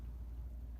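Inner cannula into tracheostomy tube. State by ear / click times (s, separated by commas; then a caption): not seated / none. A cleaned plastic inner cannula is handled as it is put back into a tracheostomy tube to be locked, heard only as a steady low-frequency rumble with no distinct hits. Nothing has seated or clicked yet.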